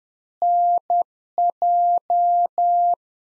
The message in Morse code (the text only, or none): NJ